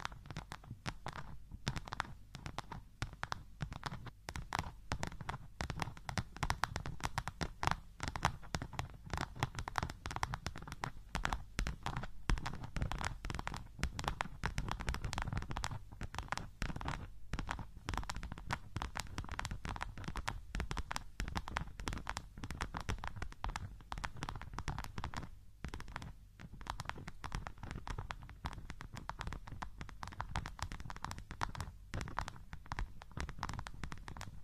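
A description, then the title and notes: A massage mat runs with a dense, continuous rumble, overlaid by rapid, irregular tapping and scratching on a box. The taps come in quick bursts nearly without pause across the whole recording, with brief dips in loudness around 26 and 32 seconds. Massage Mat and Box Tapping.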